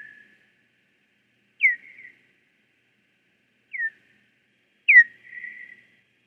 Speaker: Listen to the sound of a Hawaiian hoary bat.